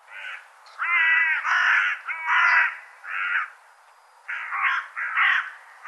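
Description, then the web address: Bird calls: harsh, cawing notes in a rapid series, several run together, with a short pause before a final burst of several more. "cianscape birddata"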